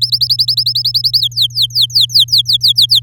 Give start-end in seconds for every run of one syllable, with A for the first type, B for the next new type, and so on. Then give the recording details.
0.01-1.19 A, 1.20-3.00 B. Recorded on 9 May 2018 at 11:55. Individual llb16